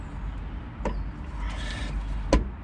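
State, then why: Seated. A new diesel fuel filter element is slid up into its housing under a Volvo D5 (S80/S60/V60/V70/XC70) and pushed home, with sharp clicks at 0.9 s and 2.3 s over a low background rumble and a brief scraping rustle between them. The element seats and stays up in place.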